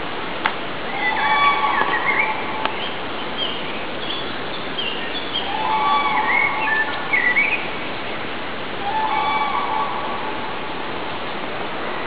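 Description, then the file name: Common crane calls: a few rolling trumpeted bursts roughly every four seconds, each a few notes long, over constant hiss with faint higher chirps. "Gervės"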